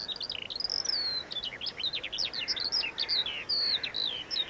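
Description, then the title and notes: Eurasian skylark song, a fast stream of high, thin chirps, trills and slurred whistles. Singing while descending on a late summer evening over the Eggardon Hill hillfort, Dorset, England. "Eggardon Hill, Dorset. A Skylark sings and descends. Recorded by Ezra Gray"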